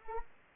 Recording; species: mosquito wingbeat signal from an infrared sensor; Anopheles arabiensis